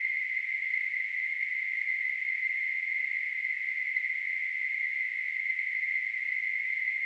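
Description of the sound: A steady, high-pitched hissing tone runs unchanged for the full seven seconds, with no pauses or shifts in loudness. It is a simulation of tinnitus, the constant ringing or hissing that a person with the condition hears.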